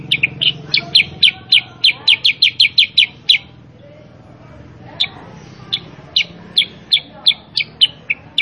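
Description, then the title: Sooty-headed bulbul song: quick run of sharp chirps, a brief pause, then another slower series of similar notes, with faint low hum underneath. Master (training) recording of a kutilang sutra in vigorous 'gacor' song, played so that other kept kutilang sutra answer and sing along. "Masteran Kutilang Sutra. Kutilang Sutra mana YANG GAK NYAUT dan IKUT BUNYI GACOR dengan suara Kutilang Sutra Super GACOR Ini"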